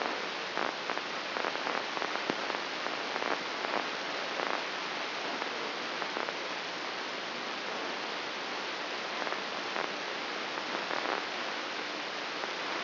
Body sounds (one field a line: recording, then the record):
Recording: brain microelectrode recording played as sound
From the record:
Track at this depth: inside the subthalamic nucleus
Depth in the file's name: 6.061 mm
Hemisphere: left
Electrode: 3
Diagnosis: Parkinson's disease